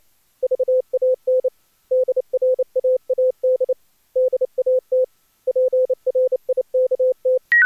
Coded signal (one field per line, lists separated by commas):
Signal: Morse code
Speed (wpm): 29 wpm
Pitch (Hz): 510 Hz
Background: none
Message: VAN DRAAD DAT PRIKT